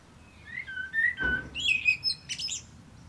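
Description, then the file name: Common blackbird song: a short run of mellow, fluted whistles sliding between low and middle pitch, ending in higher squeaky twitters. "Turdus merula"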